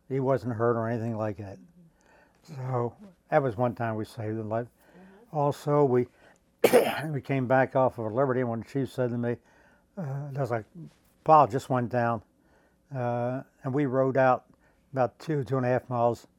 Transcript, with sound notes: He wasn't hurt or anything like that. So that was one time we saved a life. Also, we — [clears throat] we came back off of liberty when the chief said to me — because a pilot just went down — and we rode out about two, two and a half miles